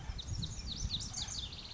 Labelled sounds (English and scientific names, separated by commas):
House Wren (Troglodytes aedon)